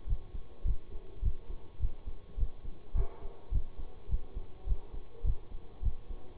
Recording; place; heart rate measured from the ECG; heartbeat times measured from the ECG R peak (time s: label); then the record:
heart sounds by stethoscope; between the tricuspid and mitral areas; 104 bpm
0.07 s: heartbeat
0.64 s: heartbeat
1.22 s: heartbeat
1.79 s: heartbeat
2.37 s: heartbeat
2.94 s: heartbeat
3.51 s: heartbeat
4.08 s: heartbeat
4.66 s: heartbeat
5.24 s: heartbeat
5.82 s: heartbeat
From the record:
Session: bicycle stress test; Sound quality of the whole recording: good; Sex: male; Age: 26 years